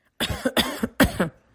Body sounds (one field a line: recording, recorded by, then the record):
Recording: voluntary cough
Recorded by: messaging app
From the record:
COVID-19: negative